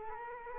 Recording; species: mosquito wingbeat signal from an infrared sensor; Culex quinquefasciatus